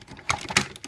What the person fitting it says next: that snapped back in.